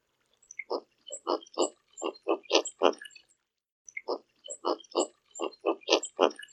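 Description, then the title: Roseate spoonbill giving low, husky grunts in a quick run of about eight, a short pause, then another similar run of grunts. "Colhereiro"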